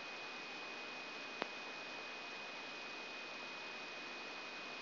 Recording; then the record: brain microelectrode recording played as sound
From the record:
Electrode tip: outside the subthalamic nucleus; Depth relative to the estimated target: -3 mm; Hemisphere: right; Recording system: AlphaMap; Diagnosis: Parkinson's disease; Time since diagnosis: 7 years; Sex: female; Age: 56 years